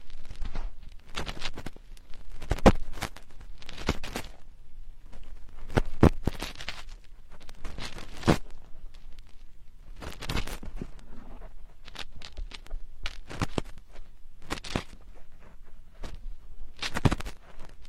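Slow ear digging makes scratchy, crackling rustles that come in uneven bursts, roughly one every second or so, some brief and some drawn out. Between strokes a quiet low rumble continues, and the texture stays crunchy and bright throughout.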